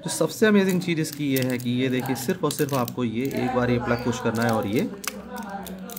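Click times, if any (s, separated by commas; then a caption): 5.7 s, 5.9 s. A button on a ratchet screwdriver is pushed and its folding shank joint is swung into an angled position while someone talks. Two short clicks are heard at 5.7 s and 5.9 s as the joint locks at the angle, and the shank is seated.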